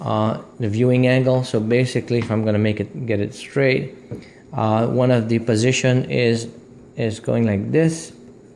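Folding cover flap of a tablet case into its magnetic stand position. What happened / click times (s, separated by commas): Handled, not yet home: no seating snap is heard before the clip ends / none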